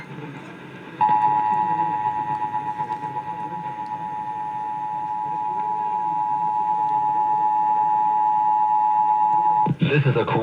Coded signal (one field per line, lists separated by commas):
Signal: Emergency Alert System (SAME) tones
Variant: 853 and 960 Hz attention tone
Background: speech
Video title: Richmond, VA RMT on WRVA (6/16/21)(EAS 745)